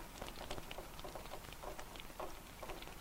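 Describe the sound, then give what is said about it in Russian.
Steady, soft rain falls without pause, a constant hiss broken by scattered light taps and droplets of patter. No voices are heard. “дождь. Такая вот встреча.”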